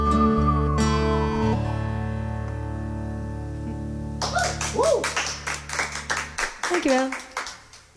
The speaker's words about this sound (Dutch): We hebben geapplaudisseerd.